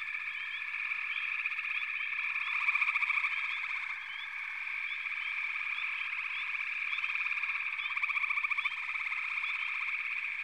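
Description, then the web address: A frog chorus of overlapping rapid trills and repeated short chirps, forming a steady, high droning wash that surges briefly a few times. "Natures Songs Sleep Sounds of Nature FROGS Frog Chorus"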